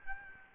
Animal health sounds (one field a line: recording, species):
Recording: mosquito wingbeat signal from an infrared sensor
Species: Aedes albopictus